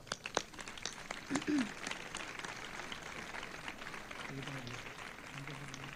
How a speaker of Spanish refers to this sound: Pero aún así, y sin dejar de reconocer la labor desinteresada que realizaron estos músicos y, por supuesto, la realizada actualmente por la formación, para la actual formación, para la que ya pedimos también un fuerte aplauso.